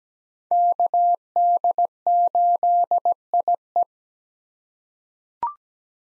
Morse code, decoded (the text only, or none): KD8IE